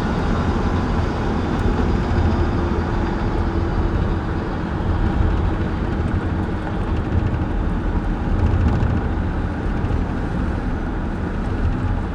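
A car drives with a steady, low engine and road rumble, a dense constant roar with slight surges and faint brighter ticks throughout.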